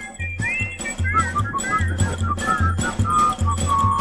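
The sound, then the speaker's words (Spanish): Several voices whistle together in a bouncy chorus, their bright, gliding tones weaving over a steady, thumping low rhythm that pulses throughout the short passage. “El coro estable de los angelitos silbadores.”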